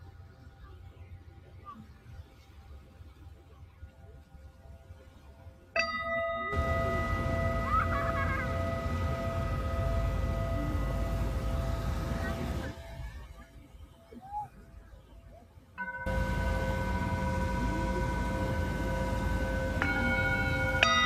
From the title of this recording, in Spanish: Cuenco tibetano desde Caribe Mexicano